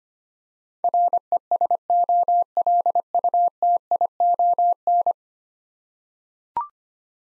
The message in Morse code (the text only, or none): RESOLUTION